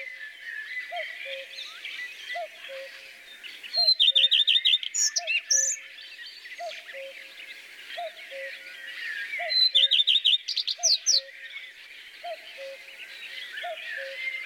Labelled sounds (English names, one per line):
Common Redstart song